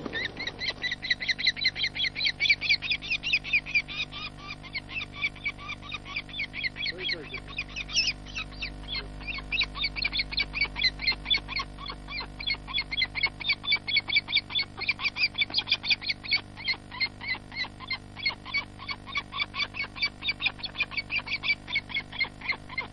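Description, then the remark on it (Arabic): Birds call outdoors in a steady, dense chorus of rapid, high-pitched pulsing chirps that repeat rhythmically without pause, with a low background hum beneath. “وهذه الطيور المسخرات في السماء أرسلها خالقها سبحانه، وهو الذي يمسكها حال طيرانها ويحفظها حال ذهابها.”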